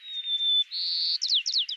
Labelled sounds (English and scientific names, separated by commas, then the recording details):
White-crowned Sparrow (Zonotrichia leucophrys) song
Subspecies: nuttalli
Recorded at Lake Merced, California, in 2014
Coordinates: 37.709, -122.487
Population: north
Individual LM_SRRW_14